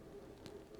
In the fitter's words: okay so that door snapped into place let's see if i can show you here